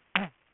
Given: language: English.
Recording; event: throat vibration sensor signal played as sound; throat clearing